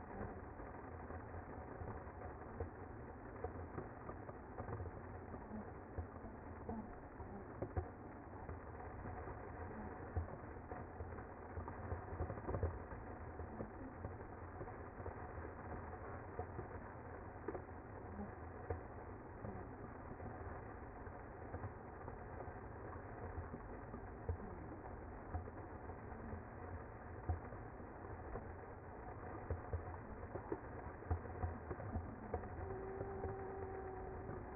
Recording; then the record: honeybee colony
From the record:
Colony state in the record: active